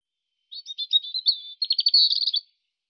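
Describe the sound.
European robin singing thin, high warbled phrases, a run of sweet twittering notes followed by a quick trilled, jingling series; no other sounds.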